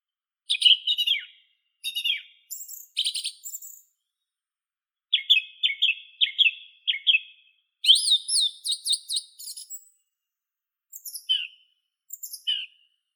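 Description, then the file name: Song thrush song: bursts of sharp chattering notes, a phrase repeated several times, then higher twittering and short single notes. "Neizvesten - Drozd pevchij Turdus philomelos (Zvyki com)"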